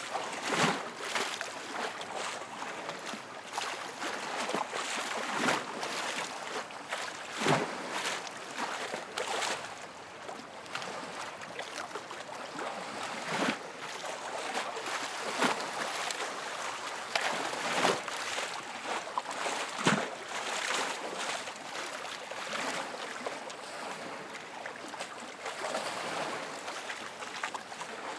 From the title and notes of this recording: Lake Waves Crashing Into The Dock.